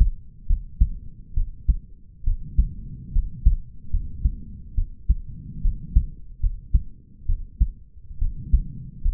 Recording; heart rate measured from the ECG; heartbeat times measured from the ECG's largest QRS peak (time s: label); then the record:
heart sounds by stethoscope; 70 bpm
0.46 s: heartbeat
1.34 s: heartbeat
2.24 s: heartbeat
3.12 s: heartbeat
3.90 s: heartbeat
4.74 s: heartbeat
5.61 s: heartbeat
6.40 s: heartbeat
7.26 s: heartbeat
8.18 s: heartbeat
9.02 s: heartbeat
From the record:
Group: healthy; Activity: rest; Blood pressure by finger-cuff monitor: 99/76 mmHg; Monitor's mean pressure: 82 mmHg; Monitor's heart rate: 71 bpm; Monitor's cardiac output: 4.9 L/min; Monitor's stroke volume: 69 mL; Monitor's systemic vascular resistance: 1230 dyn s/cm5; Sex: male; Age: 20 years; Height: 187 cm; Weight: 68.9 kg